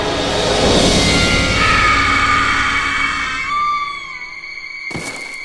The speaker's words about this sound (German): Ein Schatten fällt an der Öffnung vorbei nach unten. Ein kurzer, dumpfer Aufprall.